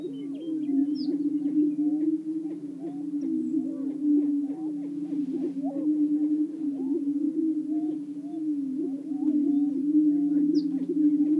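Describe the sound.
Greater prairie-chickens produce a continuous low droning boom from several birds at once, while quick cackling and whooping notes rise above it throughout.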